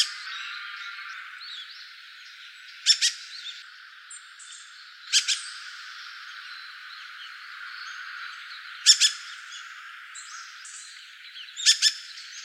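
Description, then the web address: Dusky thrush giving brief, harsh doubled chuck notes at uneven intervals of a few seconds, over constant background hiss. Recorded on 9 December 2015. "birdenaga tugumi"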